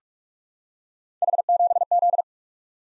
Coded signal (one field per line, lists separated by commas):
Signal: Morse code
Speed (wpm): 44 wpm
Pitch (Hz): 700 Hz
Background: none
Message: H7Z